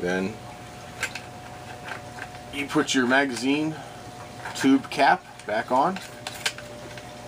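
A magazine tube cap is handled as it is put back onto the magazine tube of a Benelli M4 shotgun during reassembly. Someone talks over faint handling noises and a few brief taps. Nothing has clicked or seated yet.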